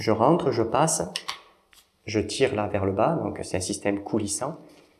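A pole adapter is slid onto a painter's extension pole and pulled down along its sliding locking system while someone talks. Nothing has seated or clicked yet.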